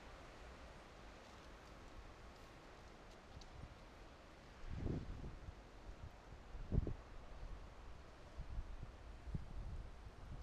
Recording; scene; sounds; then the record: everyday scene through a hearing-aid microphone; wind on the microphone; gentle breeze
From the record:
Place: parking lot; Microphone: in the ear canal, right